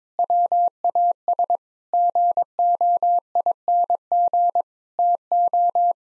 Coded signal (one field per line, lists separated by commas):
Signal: Morse code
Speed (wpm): 22 wpm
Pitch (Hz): 700 Hz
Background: none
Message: WAS GOING TO